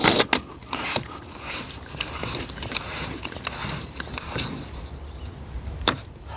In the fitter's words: tighten the lid until it clicks, just like that.